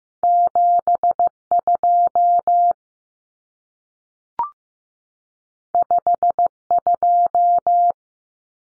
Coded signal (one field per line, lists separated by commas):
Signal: Morse code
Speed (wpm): 15 wpm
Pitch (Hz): 700 Hz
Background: none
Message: 72 52